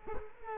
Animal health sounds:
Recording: mosquito wingbeat signal from an infrared sensor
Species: Culex quinquefasciatus

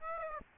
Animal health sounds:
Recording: mosquito wingbeat signal from an infrared sensor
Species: Aedes aegypti

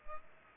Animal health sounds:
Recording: mosquito wingbeat signal from an infrared sensor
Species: Culex pipiens

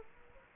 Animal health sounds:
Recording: mosquito wingbeat signal from an infrared sensor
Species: Aedes aegypti

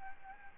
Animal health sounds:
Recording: mosquito wingbeat signal from an infrared sensor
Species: Aedes albopictus

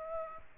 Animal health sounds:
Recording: mosquito wingbeat signal from an infrared sensor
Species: Aedes aegypti

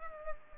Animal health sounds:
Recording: mosquito wingbeat signal from an infrared sensor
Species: Culex pipiens

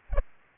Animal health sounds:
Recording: mosquito wingbeat signal from an infrared sensor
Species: Aedes aegypti

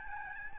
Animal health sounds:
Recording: mosquito wingbeat signal from an infrared sensor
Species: Aedes albopictus

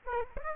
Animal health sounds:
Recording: mosquito wingbeat signal from an infrared sensor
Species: Aedes aegypti

